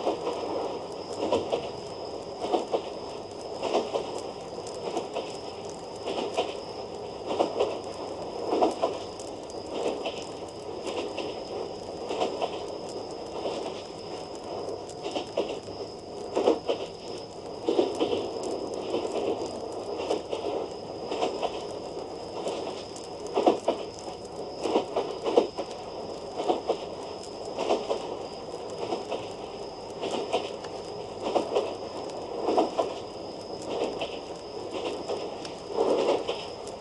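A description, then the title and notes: A steady train ride with a continuous low-to-mid rumble, pulsing roughly every second or two as the carriage rolls along. A faint thin whine runs high above throughout, and small crackling clicks are scattered over the whole stretch. A train ride home (with crackling fireplace sound). No music.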